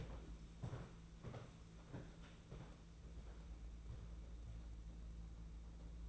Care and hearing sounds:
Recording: daily activity, microphone in the room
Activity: walk to room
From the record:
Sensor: 1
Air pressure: 992.0 hPa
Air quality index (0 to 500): 216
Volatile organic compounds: 1000 ppm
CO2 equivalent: 8432 ppm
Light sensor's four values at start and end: 22/75/29/29 and 22/77/30/30

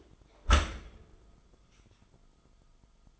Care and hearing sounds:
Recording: daily activity, microphone in the room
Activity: close dishwasher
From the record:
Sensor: 5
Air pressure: 1004.8 hPa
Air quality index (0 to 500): 95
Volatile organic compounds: 2 ppm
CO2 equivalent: 1150 ppm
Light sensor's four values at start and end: 33/75/30/30 and 33/77/31/30

